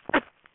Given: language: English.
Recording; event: throat vibration sensor signal played as sound; cough